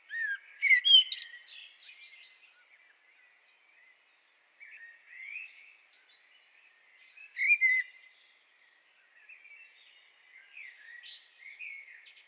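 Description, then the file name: Common blackbird song in separated phrases, each a mellow fluted warble with high twittering ends, with quieter warbling between. "Turdus merula"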